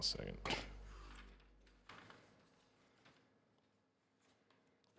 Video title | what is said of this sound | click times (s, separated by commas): [LEGO] LIVE! 1st Floor of the Marvel Daily Bugle Skyscraper (Set 76178) | that didn't click in like i was expecting it to yep because they're too low | none